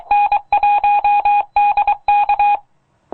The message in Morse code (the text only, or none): N1DK